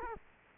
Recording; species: mosquito wingbeat signal from an infrared sensor; Culex quinquefasciatus